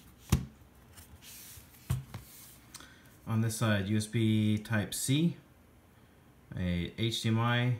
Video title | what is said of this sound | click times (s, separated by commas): Is the Ideapad 120s Upgradeable? | microsd now these are nice because you put it in it actually clicks into place it doesn't come out so | 0.3 s